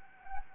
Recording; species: mosquito wingbeat signal from an infrared sensor; Anopheles gambiae